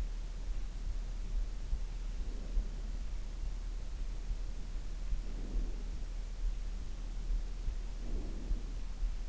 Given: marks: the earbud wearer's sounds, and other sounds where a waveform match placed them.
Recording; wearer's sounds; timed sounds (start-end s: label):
sounds in sleep by an in-ear microphone; breath
1.89-3.45 s: breath
5.14-6.76 s: breath
8.06-9.29 s: breath